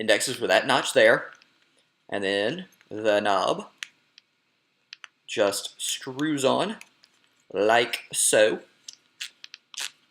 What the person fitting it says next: you'll hear click click click click click and done